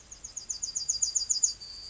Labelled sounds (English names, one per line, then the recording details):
Yellowhammer song
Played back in grassland
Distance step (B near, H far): D
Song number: 158